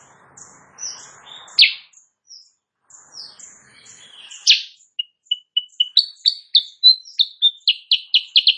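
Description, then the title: Sooty-headed bulbul song: soft varied twitters with two loud chips, then a quickening series of bright repeated notes. Morning singing, used as a tutor for training other songbirds; said to make rival birds answer. "Masteran Kutilang Sutra. Kutilang Sutra GACOR pagi hari bikin lawannya AUTO NYAUT"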